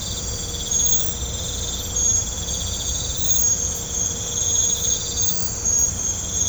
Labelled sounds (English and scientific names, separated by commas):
none